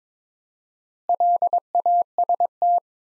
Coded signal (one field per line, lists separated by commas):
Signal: Morse code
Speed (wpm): 22 wpm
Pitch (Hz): 700 Hz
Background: none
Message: LAST